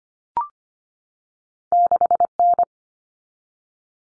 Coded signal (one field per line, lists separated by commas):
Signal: Morse code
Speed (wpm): 25 wpm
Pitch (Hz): 700 Hz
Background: none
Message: 6N